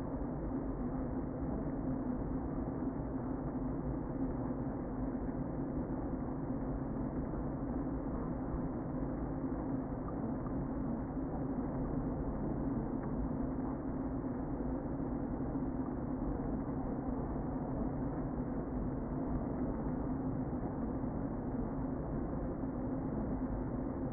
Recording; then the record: honeybee colony, microphone inside the hive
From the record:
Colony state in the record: queen present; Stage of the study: before two queens were removed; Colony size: about 60,000 bees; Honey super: yes